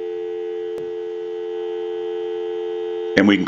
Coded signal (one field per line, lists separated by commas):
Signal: telephone call progress tone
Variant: North America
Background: speech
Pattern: dial tone